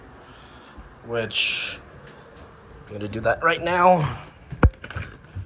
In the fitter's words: It just locks into place.